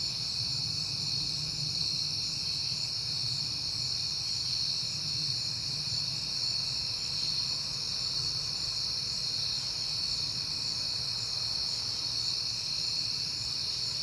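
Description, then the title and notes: Crickets in a steady shrill chorus over a low background rumble. Crickets outdoors at night on a peaceful September night, heard often lately. "Night Time: Crickets and Passing Cars. It is September and I have been hearing the crickets a lot"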